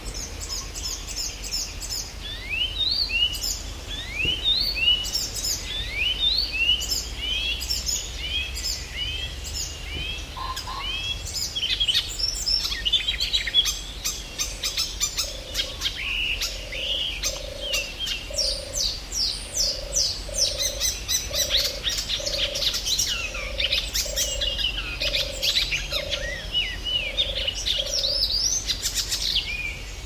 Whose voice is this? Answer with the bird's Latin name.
Hippolais icterina